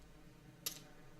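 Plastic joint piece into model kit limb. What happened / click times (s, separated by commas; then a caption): The plastic joint piece snapped into place / 0.7 s. A plastic mechanism piece for an HG Destiny Gundam model kit is pressed into the middle joint of the kit's limb. Against a quiet background, a single sharp, bright snap is heard at about 0.7 seconds. The piece seats in place.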